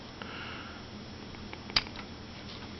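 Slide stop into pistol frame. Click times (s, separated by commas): 1.8 s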